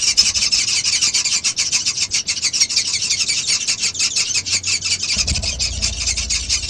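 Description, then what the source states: Vaux's swift wing sound: rapid rasping pulses like fast filing, pulsing several times a second without pause, with a brief low rumble near the end. Wing sounds of a group of swifts.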